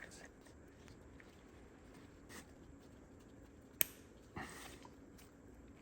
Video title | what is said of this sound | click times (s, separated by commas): Porsche Boxster Starter, Alternator and Wiring Harness Install (BBB Part 25) | finally got it clicked in but that was not easy | 3.8 s